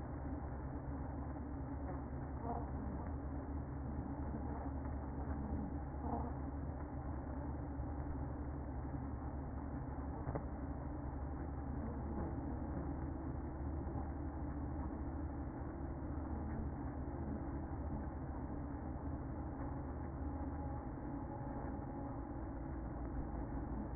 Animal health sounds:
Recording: honeybee colony, microphone inside the hive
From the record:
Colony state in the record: queen present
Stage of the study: after two queens were removed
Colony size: about 60,000 bees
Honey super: yes

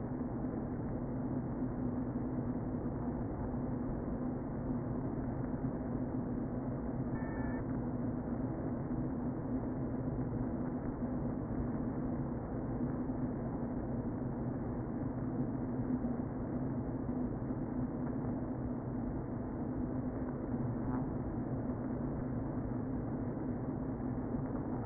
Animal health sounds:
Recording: honeybee colony, microphone inside the hive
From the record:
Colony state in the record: queen present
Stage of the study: before two queens were removed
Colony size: about 60,000 bees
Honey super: yes

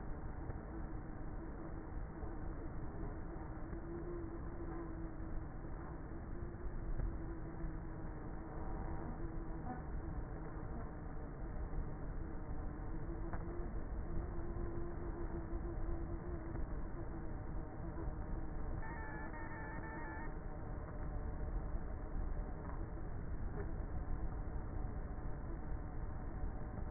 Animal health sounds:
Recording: honeybee colony, microphone inside the hive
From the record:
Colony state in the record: queenless with a low population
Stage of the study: before two queens were removed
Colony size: about 30,000 bees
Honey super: no

